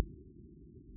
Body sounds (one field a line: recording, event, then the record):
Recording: neck accelerometer signal played as sound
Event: no cough (speech, laughter, throat clearing or background)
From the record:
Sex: female